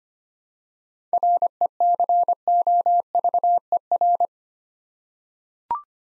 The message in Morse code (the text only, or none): RECOVER